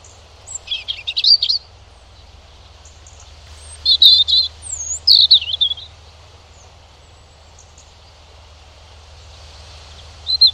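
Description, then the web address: European robin song in short bursts of high warbled notes and liquid trills, several phrases separated by silences, with a faint steady low hum underneath. "Deverinetal 2025 File origin Bird Only Er Ru"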